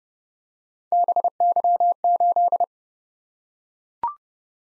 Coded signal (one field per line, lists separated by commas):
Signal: Morse code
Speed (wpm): 30 wpm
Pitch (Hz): 700 Hz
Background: none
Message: BY8